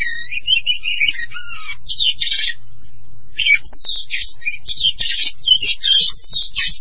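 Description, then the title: Oriental magpie-robin song starting with descending whistled slurs, then bursts of rapid scratchy, buzzy phrases that, after a pause, carry on steadily. "Kacer"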